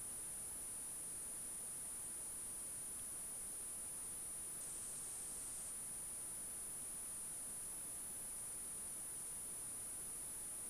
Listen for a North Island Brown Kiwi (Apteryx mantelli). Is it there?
no